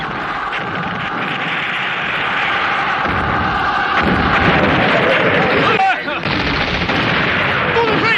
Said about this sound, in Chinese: 1949年1月6日，华东野战军对杜聿明集团发起总攻，陈官庄炮火连天，解放军冲过敌人阵地铁丝网。